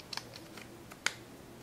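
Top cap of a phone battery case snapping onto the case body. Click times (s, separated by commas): 1.1 s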